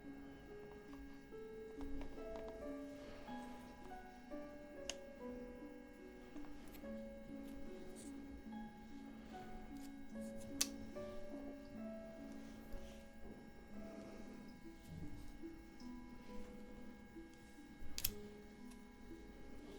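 A spa massage roleplay plays out over a soft, slow melody of held notes in the low-middle range, shifting step by step. Faint rustling and light taps run underneath, with sharp clicks around 5, 10 and 18 seconds.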